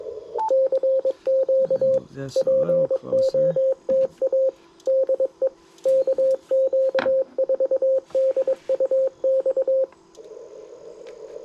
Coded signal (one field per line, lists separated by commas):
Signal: Morse code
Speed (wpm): 22 wpm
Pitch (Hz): 530 Hz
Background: speech, radio noise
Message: CQ POTA DE KQ4DUX